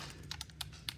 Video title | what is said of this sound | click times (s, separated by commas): Transformers Age of the Primes Alpha Trion The Thirteen Voyager Figure - Rodimusbill Review | This should fit in right there. Snaps right in. | 0.6 s, 0.9 s